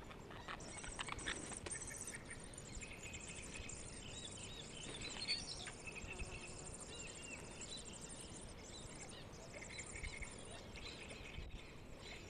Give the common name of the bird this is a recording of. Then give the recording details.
Eurasian Hoopoe. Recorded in the wild. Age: juvenile. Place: Niederspree, Oberlausitz, Sachsen, DE. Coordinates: 51.3833, 14.8833. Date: 1962-05-12. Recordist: Meyer, Hugo